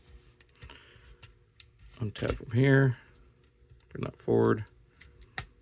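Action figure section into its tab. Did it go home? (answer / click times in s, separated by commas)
yes / 5.4 s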